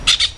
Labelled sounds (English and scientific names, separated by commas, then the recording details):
Brown-throated Parakeet (Eupsittula pertinax) contact call
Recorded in Venezuela
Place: PN Cerro Saroche, Tierras del Sr. Polo, Edo. Lara
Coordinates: 10.171, -69.518